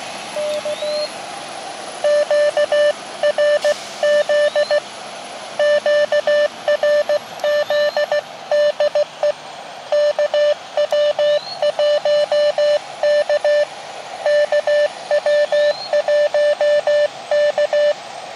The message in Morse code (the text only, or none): K QRZ QRZ DE KW1K KW1K